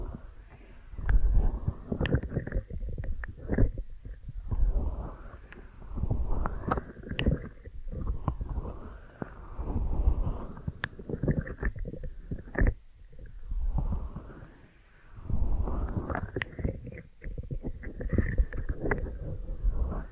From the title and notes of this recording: ASMR Deep Ear Massage for Sleep(No Talking).